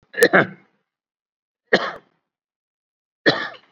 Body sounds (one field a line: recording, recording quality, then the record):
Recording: shallow voluntary cough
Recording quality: excellent, no background noise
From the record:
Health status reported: COVID-19 positive, no symptoms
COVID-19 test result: positive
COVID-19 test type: RT-PCR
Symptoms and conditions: hypertension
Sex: male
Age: 69 years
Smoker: no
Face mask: not worn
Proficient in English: no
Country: India